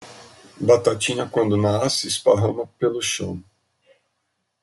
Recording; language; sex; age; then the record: short text; Brazilian Portuguese; male; 40 to 49 years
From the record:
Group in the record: control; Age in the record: 46 years